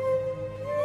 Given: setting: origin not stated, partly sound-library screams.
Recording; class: one-second piece from a danger detection set; normal situation